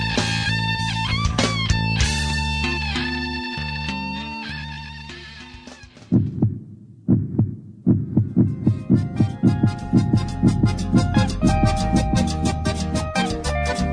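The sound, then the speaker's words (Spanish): Sustained, swelling musical tones give way to a steady run of low, thumping heartbeat pulses that repeat in a regular rhythm while melodic notes continue over them, introducing the radio program Latido Americano. “Latido americano, latiendo al ritmo de América Latina.”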